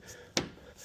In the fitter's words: so that's just clicked in